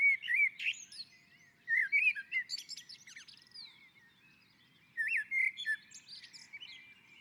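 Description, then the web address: Common blackbird song: repeated short phrases of fluting, melodious notes mixed with high scratchy twitters, separated by brief pauses. On a roof. "Naturinspelningar Koltrast på taket"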